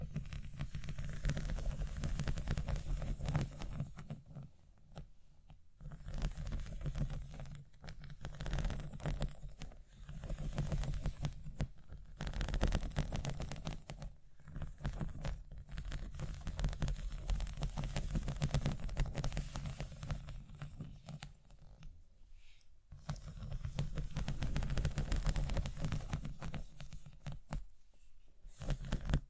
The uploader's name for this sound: ASMR Scratching